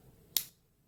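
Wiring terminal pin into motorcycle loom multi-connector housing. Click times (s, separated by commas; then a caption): 0.4 s. A reused wiring terminal pin, its prong bent back out, is slid into the correct hole of a multi-connector housing on a Honda Hornet motorcycle wiring loom and wiggled. A single sharp, bright click sounds at 0.4 s over a quiet background and fades within about a fifth of a second. The terminal is seated in the connector.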